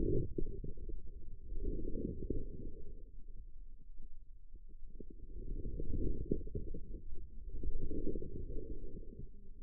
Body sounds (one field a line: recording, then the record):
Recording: forearm muscle sounds (acoustic myography)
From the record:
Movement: inward rotation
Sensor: system 2, bracelet of six BSWA MPA416 microphones around the upper forearm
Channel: 3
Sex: female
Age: 25 years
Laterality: right